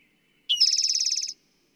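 Bird song: a single loud, rapid, evenly pulsed high trill lasting under a second, after a faint whistle.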